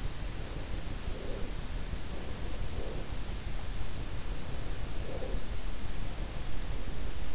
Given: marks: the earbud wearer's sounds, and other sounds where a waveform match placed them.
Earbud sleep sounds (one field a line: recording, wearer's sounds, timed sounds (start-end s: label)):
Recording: sounds in sleep by an in-ear microphone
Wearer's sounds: breath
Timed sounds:
0.36-1.77 s: breath
2.01-3.18 s: breath
4.77-5.79 s: breath